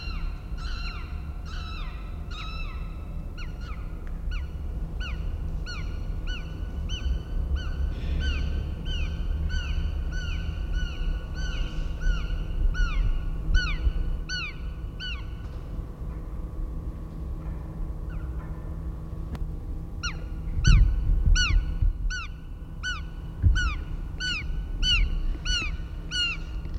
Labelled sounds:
Guira Cuckoo (Guira guira)
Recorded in captivity
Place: Zoo Berlin, Berlin, DE
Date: 1994-10-01 10:47
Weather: wolkig, z. T. etwas Regen, aufheiternd, 12°C
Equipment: Marantz CP 430, Sennheiser ME 80, Kopie Uher Variocord 263
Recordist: Tembrock, Günter

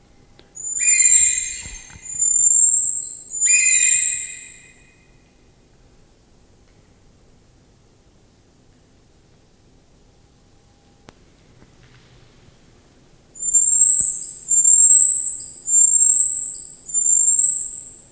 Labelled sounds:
Guira Cuckoo (Guira guira) call
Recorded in captivity
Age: adult
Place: Zoo Berlin, Berlin, DE
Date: 2000-08-29
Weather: heiter, 21°C
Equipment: Nagra SN, Kopie Uher 4000 Report Monitor
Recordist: Tembrock, Günter

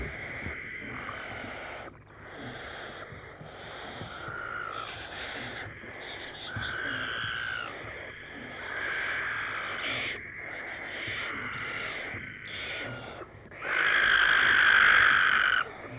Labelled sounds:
Western Barn Owl (Tyto alba) call
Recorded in the wild
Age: juvenile
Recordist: Meyer, Hugo

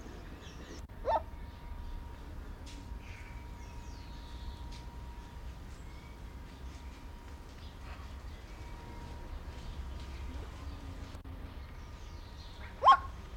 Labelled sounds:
Red-legged Seriema (Cariama cristata) call
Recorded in captivity
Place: Zoo Berlin, Berlin, DE
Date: 1992-07-11 12:00
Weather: bedeckt, z.T. Regen, 17-22°C
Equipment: Marantz CP 430, Sennheiser ME 80, Kopie Tesla B 116
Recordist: Tembrock, Günter

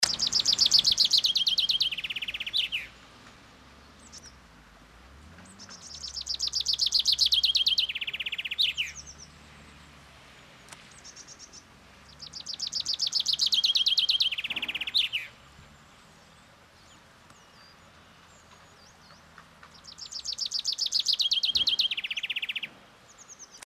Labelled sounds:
Common Chaffinch (Fringilla coelebs) song
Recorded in the wild
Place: Oberstdorf, Bayern, DE
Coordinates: 47.4078, 10.2781
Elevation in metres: 811
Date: 1985-04-02
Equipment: Uher 4000 Report, Sennheiser MKH 815 T
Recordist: Tretzel, Erwin
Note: Kurpark, Oberstdorf: Gesang

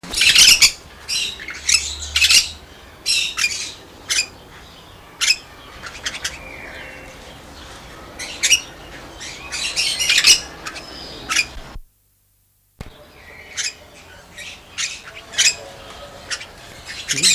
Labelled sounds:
Crimson-bellied Parakeet (Pyrrhura perlata) call
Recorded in captivity
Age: adult
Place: Zoo Berlin, Berlin, DE
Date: 1999-08-23 15:27
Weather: wolkig, ca. 17-18°C
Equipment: Sony WM-D6C, Sennheiser ME 80, Kopie Uher 4000 Report Monitor
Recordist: Tembrock, Günter

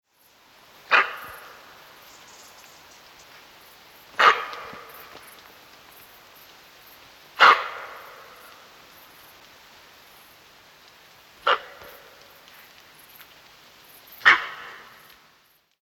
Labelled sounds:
Fallow Deer (Dama dama)
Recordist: Tembrock, Günter
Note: Schreckbellen einer Hirschkuh

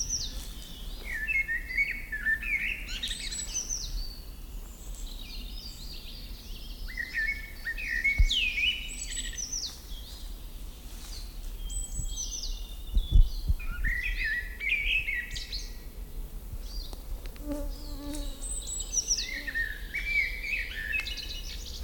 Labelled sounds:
Common Blackbird (Turdus merula) song
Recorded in the wild
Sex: male
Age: adult
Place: Schloß Dammsmühle, Brandenburg, DE
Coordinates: 52.69, 13.41
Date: 1995-05-01 19:25
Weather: heiter 14-15°C
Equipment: Marantz CP 430, Sennheiser ME 80, Kopie Uher 4000 Report Monitor
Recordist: Tembrock, Günter

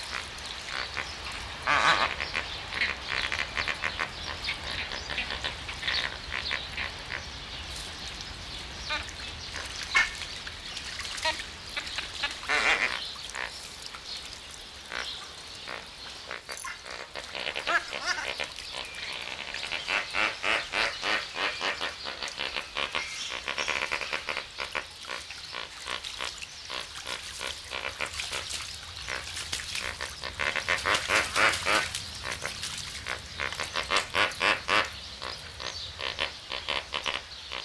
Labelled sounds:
Lesser Flamingo (Phoeniconaias minor)
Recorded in captivity
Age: adult
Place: Zoo Berlin, Berlin, DE
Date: 1994-01-08
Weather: wolkig bis sonnig, 6 °C
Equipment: Marantz CP 430, Sennheiser MKH 416 T, Kopie Uher Variocord 263
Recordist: Tembrock, Günter

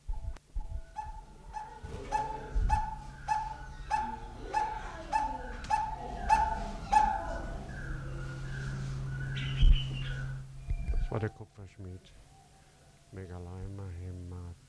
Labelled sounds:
Coppersmith Barbet (Megalaima haemacephala) call
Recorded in captivity
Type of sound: call, call sequence
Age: adult
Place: Zoo Berlin, Berlin, DE
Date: 1993-03-20
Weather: 5-8 ° C, böiger Wind
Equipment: Marantz CP 430, Sennheiser ME 80, Kopie Uher Variocord 263
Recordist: Tembrock, Günter
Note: Rufreihe (2 m)

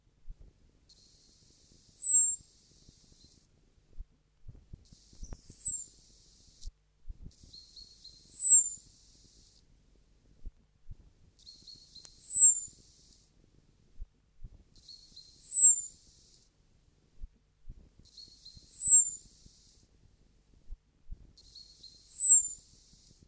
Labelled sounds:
Common Blackbird (Turdus merula) call
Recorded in the wild
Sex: male
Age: adult
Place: Garmisch-Partenkirchen, Bayern, DE
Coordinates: 47.4931, 11.0725
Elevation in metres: 711
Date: 1971-04-09
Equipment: Nagra IV, Sennheiser MKH 405, Parabolreflektor
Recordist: Tretzel, Erwin

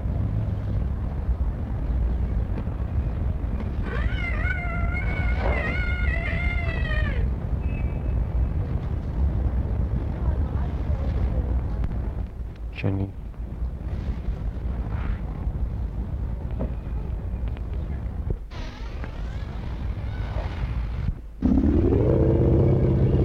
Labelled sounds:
Asian Elephant (Elephas maximus)
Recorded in captivity
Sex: male
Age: adult
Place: Zoo Berlin, Berlin, DE
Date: 1961-02-25 13:30
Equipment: Minifon, Kopie Smaragd
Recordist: Tembrock, Günter

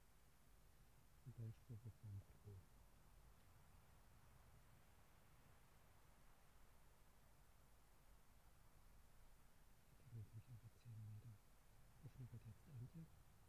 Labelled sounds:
Arctic Fox (Vulpes lagopus)
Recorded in the wild
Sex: female
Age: adult
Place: Insel Mednyi, Kommandeur-Inseln, RU
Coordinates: 54.5167, 168.083
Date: 1999-06-25 19:20
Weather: bewölkt, kein Nebel, 4°C, schwacher Wind
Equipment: Sony WM-D6C, Sennheiser MKH 70, Windkorb, Kopie Tascam DA 30
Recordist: Frommolt, Karl-Heinz
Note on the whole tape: Südosten der Insel, an Hütten: vier Bellstrophen von Polarfuchsfähe links Weiß/Weiß 31. Das Tier äußert die Bellstrophen vor der Höhle unter dem Schuppen, läuft dann zur Steilküste. Entfernung ca. 30 m. Achtung Kopiereffekte

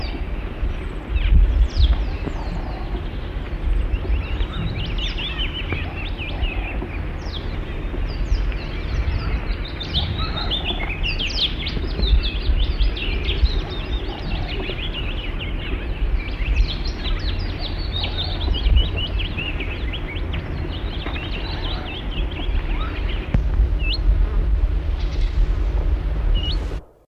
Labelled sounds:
Willow Warbler (Phylloscopus trochilus)
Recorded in the wild
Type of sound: song, call
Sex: group
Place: Farm Frauenstein
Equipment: Halbspur, 9,5 cm/s
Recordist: Lütgens, Hans
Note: Erst Farm, dann Avis-Damm, Südwestafrika

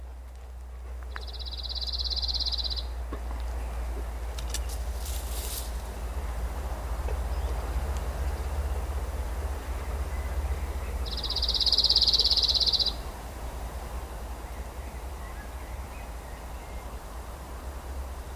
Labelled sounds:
Cirl Bunting (Emberiza cirlus)
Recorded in the wild
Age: adult
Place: Premantura, HR
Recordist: Brunner, Thomas

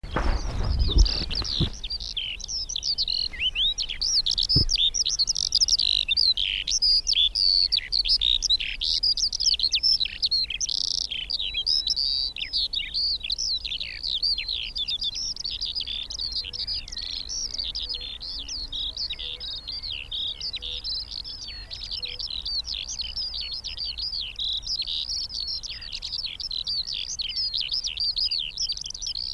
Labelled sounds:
Eurasian Skylark (Alauda arvensis) flight song
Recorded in the wild
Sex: male
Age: adult
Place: Schönow, Naturpark Barnim, Brandenburg, DE
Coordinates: 52.6864, 13.5158
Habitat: heath
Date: 2005-05-01
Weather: clear, 10°C, no wind
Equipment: Edirol R-4, Sennheiser MKH 70, Windschutz
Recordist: Frommolt, Karl-Heinz
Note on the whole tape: Naturschutzgebiet Schönower Heide, 100 m nördlich des Beobachtungspunktes: Fluggesang. Tiere gesehen

